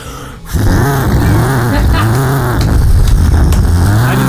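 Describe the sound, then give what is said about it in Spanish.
A person imitates a revving Torino car engine with their voice, a loud continuous growl whose pitch rises and falls in repeated swoops, starting abruptly after a brief pause. “Es un torino, la posta, boludo.”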